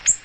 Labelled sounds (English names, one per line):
Ovenbird flight call